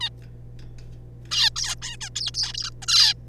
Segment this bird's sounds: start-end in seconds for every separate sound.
0.01-0.09, 1.31-1.50, 1.56-1.75, 1.82-1.97, 2.01-2.10, 2.16-2.31, 2.34-2.53, 2.54-2.71, 2.82-2.86, 2.88-3.14